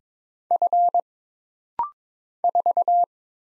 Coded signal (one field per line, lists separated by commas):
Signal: Morse code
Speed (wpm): 22 wpm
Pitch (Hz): 700 Hz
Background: none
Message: F 4